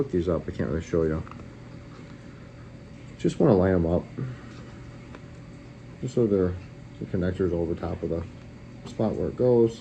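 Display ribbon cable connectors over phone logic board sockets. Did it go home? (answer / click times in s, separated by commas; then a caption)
no / none. During an iPhone 11 screen replacement, the display's ribbon cable connectors are lined up over their sockets on the phone's logic board, ready to be pressed down. Someone talks over quiet handling, with one brief faint tick near 5.2 s. Nothing has seated or clicked yet.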